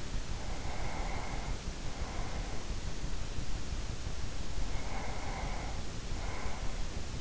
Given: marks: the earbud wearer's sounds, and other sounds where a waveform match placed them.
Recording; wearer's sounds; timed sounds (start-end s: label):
sounds in sleep by an in-ear microphone; breath
0.33-2.86 s: breath
4.58-7.21 s: breath